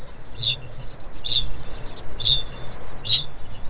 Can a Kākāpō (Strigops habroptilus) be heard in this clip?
yes